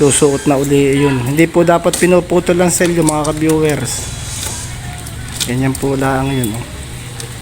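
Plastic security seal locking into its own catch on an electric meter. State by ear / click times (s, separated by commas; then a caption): not seated / none. Someone talks over faint handling noise as the end of a plastic security seal on an electric meter is threaded back through its lock. The seal has not clicked shut into its own catch yet, and nothing has seated by the end of the clip.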